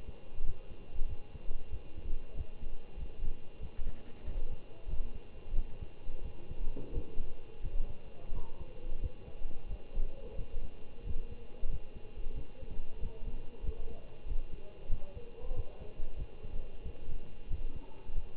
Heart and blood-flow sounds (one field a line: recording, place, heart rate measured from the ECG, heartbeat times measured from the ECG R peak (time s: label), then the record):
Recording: heart sounds by stethoscope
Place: between the tricuspid and mitral areas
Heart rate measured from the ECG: 92 bpm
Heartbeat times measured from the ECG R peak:
0.43 s: heartbeat
1.06 s: heartbeat
1.70 s: heartbeat
2.34 s: heartbeat
2.96 s: heartbeat
3.60 s: heartbeat
4.24 s: heartbeat
4.87 s: heartbeat
5.53 s: heartbeat
6.22 s: heartbeat
6.91 s: heartbeat
7.60 s: heartbeat
8.32 s: heartbeat
8.99 s: heartbeat
9.66 s: heartbeat
10.35 s: heartbeat
11.03 s: heartbeat
11.68 s: heartbeat
12.34 s: heartbeat
13.00 s: heartbeat
13.62 s: heartbeat
14.25 s: heartbeat
14.88 s: heartbeat
15.53 s: heartbeat
16.16 s: heartbeat
16.82 s: heartbeat
17.47 s: heartbeat
18.12 s: heartbeat
From the record:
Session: Bruce protocol treadmill stress test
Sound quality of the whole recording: good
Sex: male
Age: 25 years